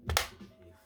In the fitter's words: know if you can see that right there that little gap that's the knob up there this clicks into place like so